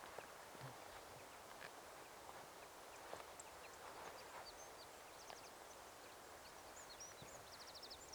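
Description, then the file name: Eurasian wren with two brief, fast series of high clicking notes in the second half, among scattered faint chirps and a steady noisy background. "Troglodytes troglodytes"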